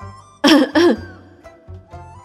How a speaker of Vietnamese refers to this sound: Bạch Ngọc Đường không đề phòng, sặc thức ăn, ho khụ khụ nhìn Tiểu Tứ Tử.